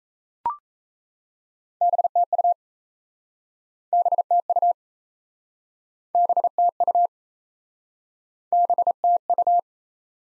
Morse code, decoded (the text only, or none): BTU BTU BTU BTU